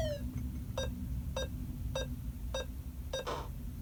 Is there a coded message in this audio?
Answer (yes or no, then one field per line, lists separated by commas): no